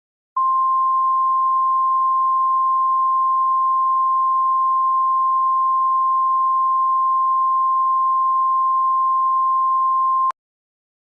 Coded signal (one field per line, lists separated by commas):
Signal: Emergency Alert System (SAME) tones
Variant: 1050 Hz attention tone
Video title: EAS Severe Thunderstorm Warning (Pike, KY County)